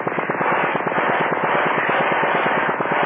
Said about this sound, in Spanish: El agua poco a poco avanzaba bajo la puerta y Calimán arrojó el cable de alta tensión. El agua conductora de electricidad avanzó por debajo de la puerta y llegó hasta el cerebro electrónico produciendo un cortocircuito.